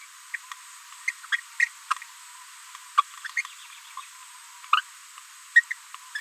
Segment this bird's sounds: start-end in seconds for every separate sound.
0.33-0.37, 1.07-1.12, 1.59-1.68, 2.97-3.02, 3.97-4.01, 4.72-4.82, 5.54-5.64, 5.70-5.73